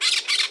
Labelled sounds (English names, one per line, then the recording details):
Brown-throated Parakeet contact call
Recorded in Margarita
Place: San Francisco, near stadium
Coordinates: 11.018, -64.294